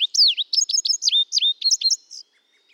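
Indigo bunting song: a bright, high series of sweet paired notes, mostly falling slurs, many notes over about two seconds.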